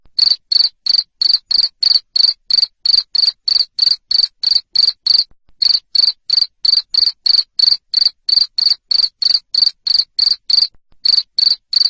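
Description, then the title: Cricket's shrill high chirps repeated quickly and evenly, about three per second, with a few momentary gaps. Loud cricket chirping used to stimulate lovebirds to sing continuously (ngekek). "Suara JANGKRIK NGERIK Keras Bikin LOVEBIRD Jadi NGEKEK Terus Vubey"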